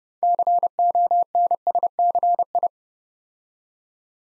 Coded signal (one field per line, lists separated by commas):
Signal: Morse code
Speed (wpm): 29 wpm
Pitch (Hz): 700 Hz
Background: none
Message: CONSCI